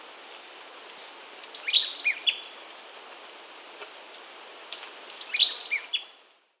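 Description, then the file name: White-lored euphonia singing two phrases of bright, high twittering notes some three and a half seconds apart, over a faint continuous high hum. Recorded in Peru, in the Amazon. "White-lored Euphonia (Euphonia chrysopasta), Peru"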